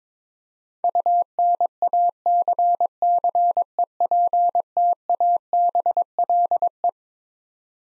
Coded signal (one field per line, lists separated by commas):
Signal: Morse code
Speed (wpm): 22 wpm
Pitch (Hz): 700 Hz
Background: none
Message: UNACCEPTABLE